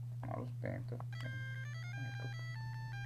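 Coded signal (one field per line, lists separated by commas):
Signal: none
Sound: a handheld game's beeps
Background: speech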